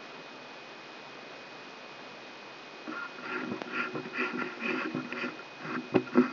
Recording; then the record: brain microelectrode recording played as sound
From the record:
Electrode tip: outside the subthalamic nucleus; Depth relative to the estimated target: 4 mm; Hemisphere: left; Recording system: AlphaMap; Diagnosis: Parkinson's disease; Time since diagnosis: 10 years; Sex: female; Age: 63 years